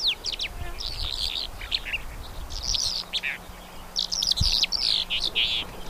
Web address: two spotted lark call